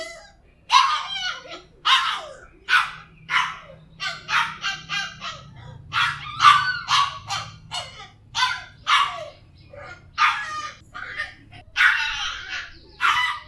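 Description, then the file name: Dog giving rapid high-pitched yelps and barks in irregular bursts, several per second, with short pauses between runs. "Con Cho Con Quay"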